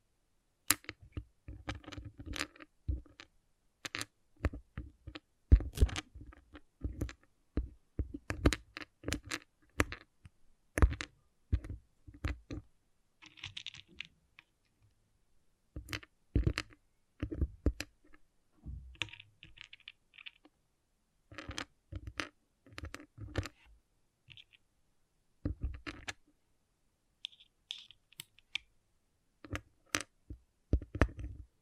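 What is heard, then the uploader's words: Pixel art beads click and rattle in quick irregular clusters, with brief quiet pauses and occasional soft scraping hisses between bursts. ASMR Relaxing Pixel Art Beads ( No Talking).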